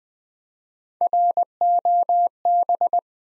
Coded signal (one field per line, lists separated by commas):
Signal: Morse code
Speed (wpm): 20 wpm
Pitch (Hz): 700 Hz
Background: none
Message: ROB